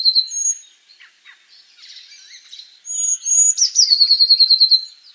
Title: Gelatikbt. Eurasian Blue Tit (Cyanistes caeruleus)